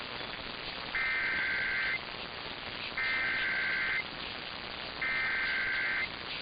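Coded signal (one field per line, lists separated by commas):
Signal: Emergency Alert System (SAME) tones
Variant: header bursts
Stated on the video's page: Alerts including tornado warnings from Hanford and Salt Lake City weather offices during a cold-front event.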